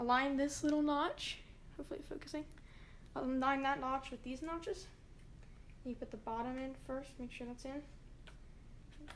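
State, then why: Seated. Someone talks while the first new RAM stick is set at an angle into the bottom memory slot of a 2009–2012 MacBook Pro, its notch lined up with the slot, and then pressed down. Faint handling ticks come at 5.4, 5.7 and 8.3 seconds, and a short, sharp click at 9.1 seconds marks the retaining clips catching the module as it seats in the slot.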